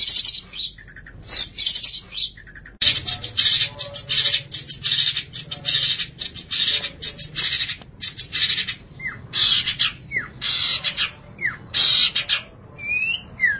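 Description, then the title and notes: Long-tailed Shrike song of harsh, rasping high bursts in uneven succession, ending with a few thin slurred whistles, over a steady low hum. "Pentet 201703. Suara burung pentet"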